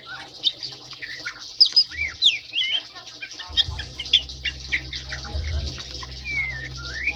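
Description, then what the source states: White-eye song, rambling high warbled phrases with sliding whistles and short trills, steady low hum underneath from about halfway. Song style called ngerol ngalas, a long rolling wild-style song.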